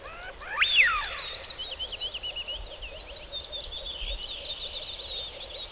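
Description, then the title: Eurasian wigeon whistles: one loud clear wheeoo rising sharply then falling, over many softer overlapping whistles. "Haapana"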